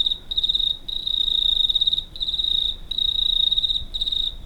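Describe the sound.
Cricket chirps as bursts of high trilled sound of varying length, separated by short silences.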